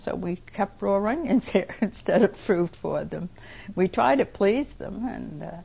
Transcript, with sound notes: So we kept raw onions there. (She laughs.) Instead of fruit for them. We tried to please them,